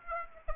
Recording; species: mosquito wingbeat signal from an infrared sensor; Aedes aegypti